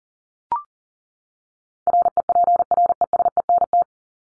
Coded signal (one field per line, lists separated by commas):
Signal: Morse code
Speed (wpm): 40 wpm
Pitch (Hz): 700 Hz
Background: none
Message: REPRESENT